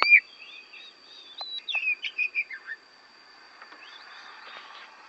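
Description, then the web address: Oriental magpie-robin offering a brief phrase of clear warbled whistles after a sharp opening note, then quieter scratchy sounds under a constant high whine. Oriental magpie-robin from Borneo; a recording meant for training other songbirds to copy its song (masteran). "kacer borneo. masteran kacer"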